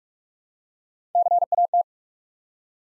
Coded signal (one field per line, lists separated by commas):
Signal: Morse code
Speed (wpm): 44 wpm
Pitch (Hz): 700 Hz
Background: none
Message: CAT